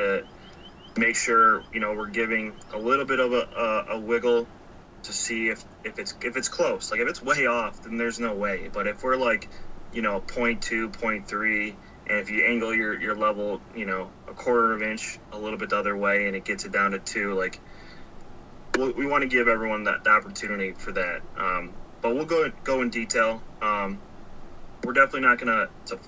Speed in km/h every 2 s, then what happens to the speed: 0, 0, 0, 0, 0, 0, 0, 0, 0, 0, 0, 0, 0.
0-26 standing.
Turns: none.